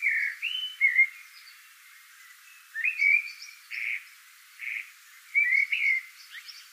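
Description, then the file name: Eurasian blackbird song: mellow fluted warbling phrases, some with thin, high twitters, given in short bursts with pauses between. "Turdus merula"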